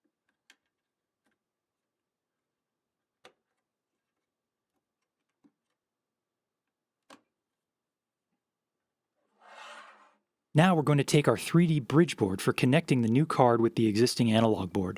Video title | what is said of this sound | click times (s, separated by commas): 2882 3d Install | line up with the holes on the board and we'll want to make sure this pops into place securely on all three posts now | 0.5 s, 3.2 s, 7.1 s